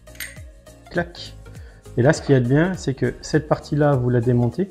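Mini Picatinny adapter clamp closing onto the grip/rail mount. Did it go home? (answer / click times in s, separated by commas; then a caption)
yes / 0.2 s. A mini Picatinny adapter clamp on the grip mount for an InfiRay / Xinfrared T2 Pro smartphone thermal camera is closed by hand. It shuts with a sharp, short click at 0.2 s over background music, and the clamp is seated. Then someone talks.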